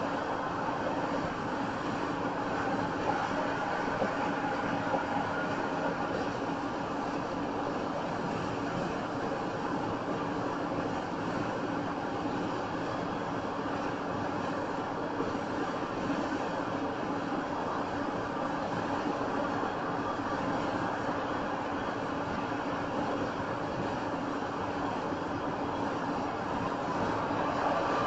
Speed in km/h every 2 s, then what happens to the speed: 108, 108, 109, 108, 108, 108, 108, 109, 109, 108, 108, 108, 108, 108.
0-28 steady at about 108.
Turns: none.